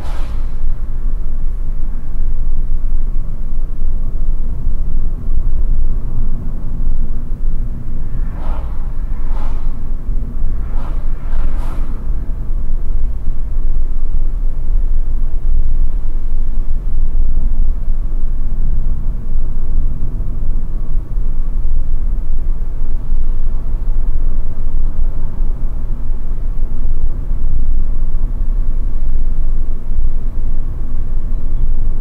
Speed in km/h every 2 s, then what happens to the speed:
53, 55, 55, 51, 51, 59, 62, 61, 56, 55, 62, 65, 62, 60, 57, 57.
0-8 steady at about 53. 8-11 speeds up to 62. 18-21 speeds up to 65.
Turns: none.